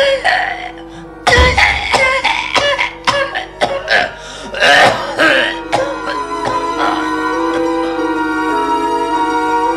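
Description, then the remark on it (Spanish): A harsh, rasping coughing fit from a person hunched over as they leave a room: a rapid string of loud, rough bursts, one after another for several seconds, then a steady tonal hum carries on as the coughing dies away. “Finalmente, reculó hacia la puerta como una alimaña amedrentada y salió de la habitación encorvado, acuciado por un ataque de tos bronca, aturdidor.”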